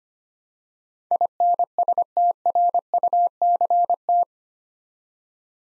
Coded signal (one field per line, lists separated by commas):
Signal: Morse code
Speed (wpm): 25 wpm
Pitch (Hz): 700 Hz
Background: none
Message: INSTRUCT